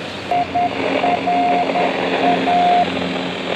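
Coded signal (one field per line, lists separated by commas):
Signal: Morse code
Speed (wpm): 10 wpm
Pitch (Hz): 710 Hz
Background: none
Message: IRA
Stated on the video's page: Signal received on a tin can magnetic loop antenna covering about 88 to 180 MHz.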